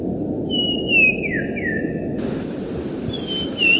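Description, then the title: Bird whistle: one long note gently falling and then dropping lower, followed after a pause by a higher whistle; low rumbling noise continues throughout. "burung online"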